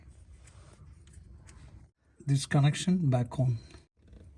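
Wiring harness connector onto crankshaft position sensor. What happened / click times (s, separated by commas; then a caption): Connector handled, not yet seated; no click / none. A wiring harness connector is handled as it is being put back onto the crankshaft position sensor of a 2009 Toyota Corolla during a P0335 sensor replacement. Faint handling noises and a few small ticks come first, then someone talks. Nothing has seated or clicked yet; the connector is not yet home.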